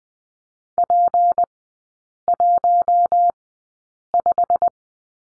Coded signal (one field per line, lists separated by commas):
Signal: Morse code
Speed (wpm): 20 wpm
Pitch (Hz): 700 Hz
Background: none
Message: P15